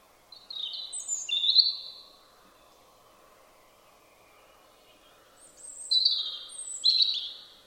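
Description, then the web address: European robin singing two high, fluid phrases of sliding whistles and trills separated by a few seconds, with soft steady background noise. "Deverinetal 2025 File origin Bird Only Er Ru"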